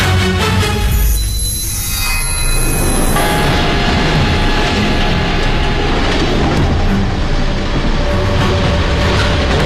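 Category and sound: vehicle, train running on rails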